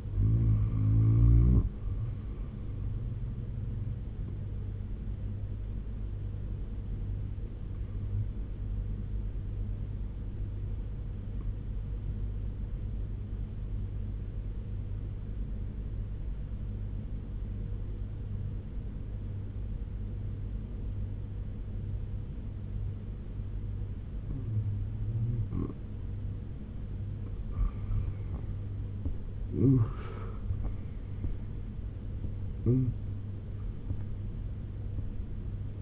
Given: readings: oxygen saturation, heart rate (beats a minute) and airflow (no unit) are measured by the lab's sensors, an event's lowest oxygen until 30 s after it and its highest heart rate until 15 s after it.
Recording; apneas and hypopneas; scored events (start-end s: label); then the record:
breathing in sleep by a smartphone at the bedside; 1
8.00-25.80 s: hypopnea (N2, oxygen 92% highest, then 85% lowest, heart rate 78 at the start, 89 highest)
22.00-35.82 s: new sleep stage, N1 (lightest sleep)
From the record:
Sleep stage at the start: N2 (light sleep); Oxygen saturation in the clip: 86 to 92%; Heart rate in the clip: 74 to 89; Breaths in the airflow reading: 5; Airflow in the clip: -9.4 to 14.3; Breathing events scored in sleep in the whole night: 201 in 6.5 hours asleep